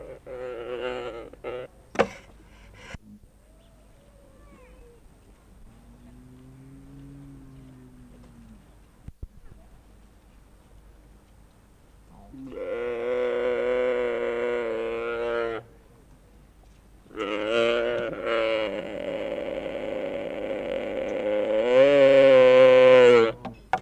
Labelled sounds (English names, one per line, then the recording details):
Mule Deer call
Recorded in captivity
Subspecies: hemionus
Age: diverse
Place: Tierpark Berlin, Berlin, DE
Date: 1964-11-08 10:00
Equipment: R 21, Sennheiser MD 421, Vollspur
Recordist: Tembrock, Günter